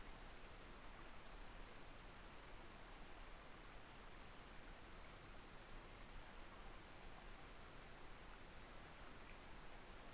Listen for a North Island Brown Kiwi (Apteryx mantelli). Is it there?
no